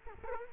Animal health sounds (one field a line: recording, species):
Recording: mosquito wingbeat signal from an infrared sensor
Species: Culex quinquefasciatus